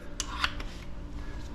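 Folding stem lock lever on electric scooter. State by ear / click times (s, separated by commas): seated / 0.2 s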